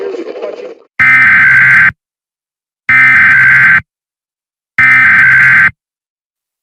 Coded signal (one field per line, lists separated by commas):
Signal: Emergency Alert System (SAME) tones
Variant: header bursts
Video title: EAS Scenario Nightmares